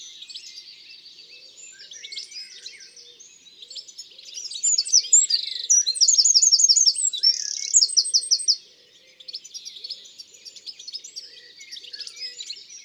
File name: Troglodyte mignon ABC des chants doiseaux